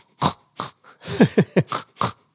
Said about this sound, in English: To snort, S-N-O-R-T, is to make a loud noise when you are breathing in, but more with your nose than with your lungs. It's sort of like snoring, but you do it when you are awake. Some people do it sometimes when they laugh.